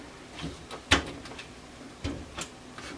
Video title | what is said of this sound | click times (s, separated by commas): Computer Refresh Project | I heard the click. Now we gotta get this thing fully seated. | 0.9 s